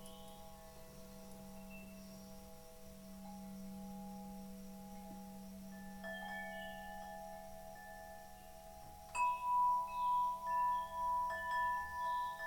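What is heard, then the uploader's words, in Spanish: Singing bowls ring with long, steady tones, a low hum under several sustained higher pitches. Around six seconds a new overtone joins, and near nine seconds a bowl is struck, setting off a slow, pulsing wobble in volume that continues to the end. Un viaje entre cuencos y sus armonicos.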